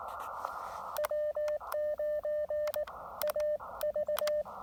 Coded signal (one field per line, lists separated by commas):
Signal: Morse code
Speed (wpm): 19 wpm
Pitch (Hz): 600 Hz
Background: radio noise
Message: W9AV